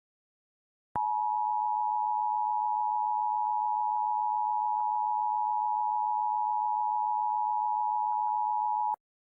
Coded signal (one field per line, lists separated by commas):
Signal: Emergency Alert System (SAME) tones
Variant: 853 and 960 Hz attention tone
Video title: TMYK and Mr Jakes EAS Scenario Nuclear Sabotage (REUPLOAD)